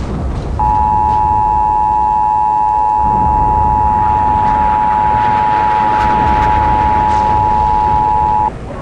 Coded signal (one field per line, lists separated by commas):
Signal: Emergency Alert System (SAME) tones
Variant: 853 and 960 Hz attention tone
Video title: EAS In Games: Half-Life Series (Random Scratch Projects #56)